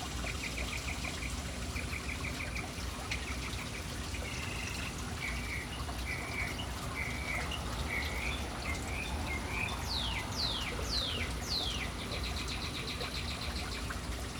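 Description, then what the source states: Birds calling: repeated chirp trills, then sharp descending whistled swoops, then more trills, over steady background noise. City birds hanging around an urban fountain.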